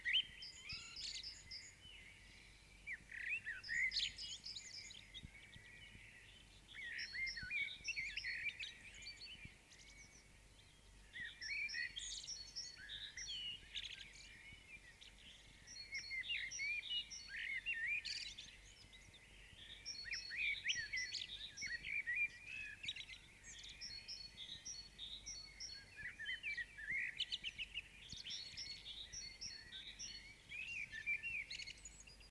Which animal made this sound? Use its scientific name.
Turdus merula